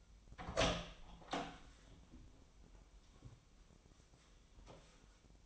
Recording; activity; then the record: daily activity, microphone in the room; open door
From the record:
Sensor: 1